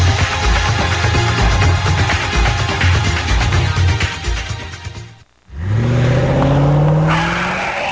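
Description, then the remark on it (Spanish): A loud, roaring stretch of car noise with harsh tire squealing and skidding, a brief sudden drop to near silence, then a revving engine whose rising whine sweeps upward. “Tengo problemas con las llantas de mi auto.”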